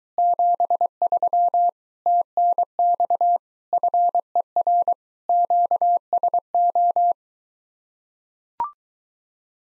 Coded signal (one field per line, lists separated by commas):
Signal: Morse code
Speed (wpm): 23 wpm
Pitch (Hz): 700 Hz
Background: none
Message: 73 TNX FER QSO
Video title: Common QSO Phrases Encore Speed-Racing - 15wpm